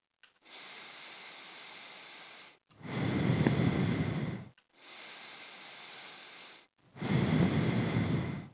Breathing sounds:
nose breathing near a microphone
0.24-2.59 s: inhalation
2.59-4.54 s: exhalation
4.54-6.64 s: inhalation
6.64-8.54 s: exhalation
From the record:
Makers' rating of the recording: medium

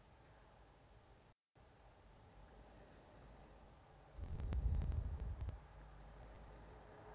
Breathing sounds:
nose breathing near a microphone
2.33-4.01 s: inhalation
4.01-5.68 s: exhalation
5.68-7.15 s: inhalation
From the record:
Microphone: phone

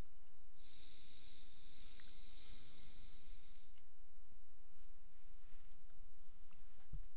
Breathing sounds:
nose breathing near a microphone
0.19-3.64 s: exhalation
From the record:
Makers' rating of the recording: medium

